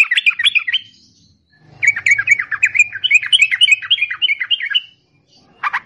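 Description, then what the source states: Yellow-vented bulbul song: a short bubbly phrase, a pause, then a long run of rapid chattering notes, with one final burst. Known locally as trucukan; long rapid song style (ropel panjang) used as a masteran tutor recording for songbirds.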